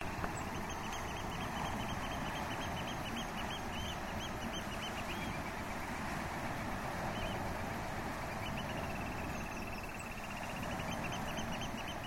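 Oystercatchers piping, rapid strings of shrill arched notes running into trilled sequences, over a constant loud low roar.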